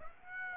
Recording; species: mosquito wingbeat signal from an infrared sensor; Aedes aegypti